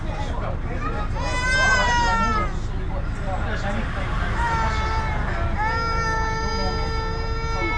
Crying baby on the bloody bus.